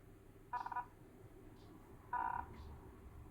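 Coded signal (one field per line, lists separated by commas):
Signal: Hellschreiber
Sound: two brief buzzy chopped bursts of a tone near 1 kHz, separated by quiet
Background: room noise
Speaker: then I should be able to generate chirping sounds that should transmit properly images.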